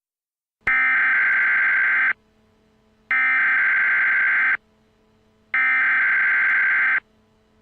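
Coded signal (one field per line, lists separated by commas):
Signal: Emergency Alert System (SAME) tones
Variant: header bursts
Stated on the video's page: Simulated EAS scenario built from others' resources.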